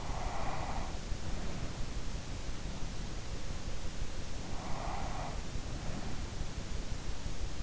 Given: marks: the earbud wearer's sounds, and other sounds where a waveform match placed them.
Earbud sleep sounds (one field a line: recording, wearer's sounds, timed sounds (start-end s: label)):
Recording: sounds in sleep by an in-ear microphone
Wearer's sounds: breath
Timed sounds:
0.00-2.07 s: breath
4.35-6.34 s: breath